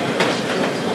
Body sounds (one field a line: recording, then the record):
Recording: background sound without coughing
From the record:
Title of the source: Office Sounds Ambience - Background Noise for Study and Work